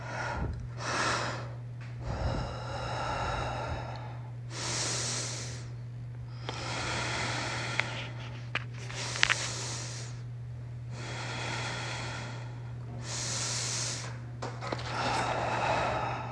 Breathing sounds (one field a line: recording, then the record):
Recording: deep breathing after running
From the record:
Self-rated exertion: moderate exertion (3 of 6)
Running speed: 5 miles an hour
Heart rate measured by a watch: 73 beats a minute at the start, 89 at the end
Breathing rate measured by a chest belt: 22 breaths a minute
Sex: female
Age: 51 years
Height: 160 cm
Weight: 57 kg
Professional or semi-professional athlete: no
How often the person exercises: over 5 times a week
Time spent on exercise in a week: 1 to 2 hours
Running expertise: no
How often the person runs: under once a week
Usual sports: yoga